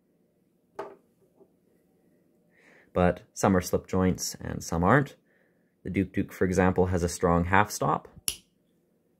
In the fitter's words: and snaps into place with significant authority.